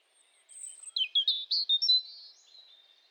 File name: Erithacus rubecula